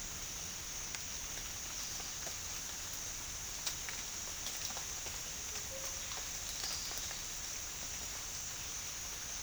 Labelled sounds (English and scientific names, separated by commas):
none